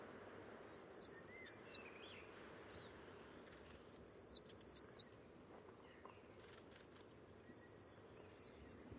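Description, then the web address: Bird calling in three spaced bursts of several high, descending chirps each, over a faint low background hum. Bird-only recording, 2025. "cianscape birddata Deverinetal 2025 Bird Only Cy Ca"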